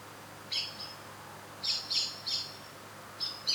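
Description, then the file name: Common blackbird calls, a lone sharp note, then a group of three, then two more, fairly high and hard-edged over faint background hiss. "Turdus merula"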